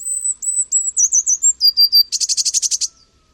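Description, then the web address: Eurasian blue tit calling: thin, high, slightly falling whistled notes, then a few lower notes ending in a fast buzzy churr. "cianscape. Deverinetal"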